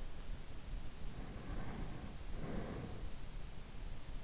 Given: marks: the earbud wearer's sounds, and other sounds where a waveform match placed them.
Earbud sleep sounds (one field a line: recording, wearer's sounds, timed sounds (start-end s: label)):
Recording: sounds in sleep by an in-ear microphone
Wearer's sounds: breath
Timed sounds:
0.82-3.63 s: breath